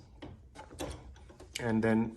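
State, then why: Not seated. A yellow plastic ink cartridge is lined up with the yellow sticker and held in its carriage slot in an HP OfficeJet Pro 8010–8035e series printer, ready to be pushed home. Soft handling taps and rustles occur around 0.2, 0.8, 1.2 and 1.4 seconds, and someone talks near the end. Nothing has seated or clicked yet.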